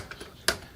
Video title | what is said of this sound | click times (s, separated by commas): building a golf club Pt II frequency matching, FLO | And I only give it two clicks. | 0.1 s, 0.5 s